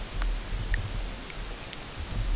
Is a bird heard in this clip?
no